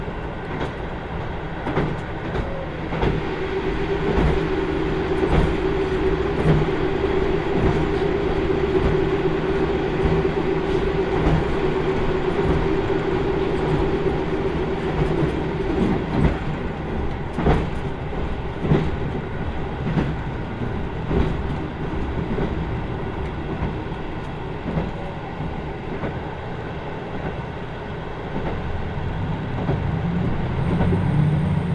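Recorded from inside a limited express train running on a rural line, the ride is a steady, dense rumble with a low hum and a sustained tone around the middle of the clip. Irregular clicks and knocks from the wheels and car body repeat throughout, with the loudness staying even.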